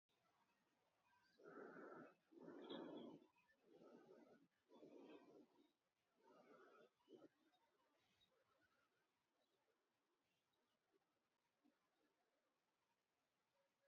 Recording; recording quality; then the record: shallow breathing; excellent, no background noise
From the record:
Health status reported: healthy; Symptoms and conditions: none ticked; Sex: male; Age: 29 years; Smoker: not ticked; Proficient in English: yes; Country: India